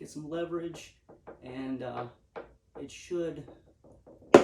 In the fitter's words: Once you hear it pop and lifts off, yep, it's loose.